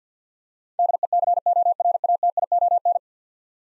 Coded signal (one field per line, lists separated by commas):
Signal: Morse code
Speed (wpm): 50 wpm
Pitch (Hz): 700 Hz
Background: none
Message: DECORATION